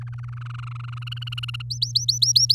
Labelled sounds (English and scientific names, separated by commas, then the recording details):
Domestic Canary (Serinus canaria) song
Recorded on 10 May 2018 at 05:38
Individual llb16